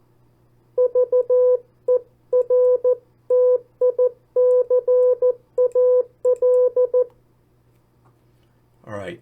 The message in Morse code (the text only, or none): VERTICAL